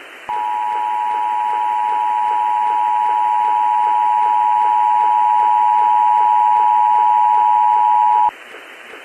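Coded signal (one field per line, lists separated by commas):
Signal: Emergency Alert System (SAME) tones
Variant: 853 and 960 Hz attention tone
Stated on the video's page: Fictional EAS scenario.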